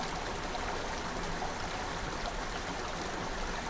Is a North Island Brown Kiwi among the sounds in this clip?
no